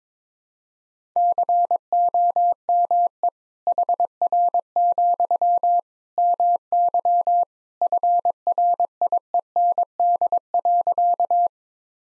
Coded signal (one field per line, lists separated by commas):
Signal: Morse code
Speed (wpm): 21 wpm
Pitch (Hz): 700 Hz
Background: none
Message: COME HR, MY FRIEND.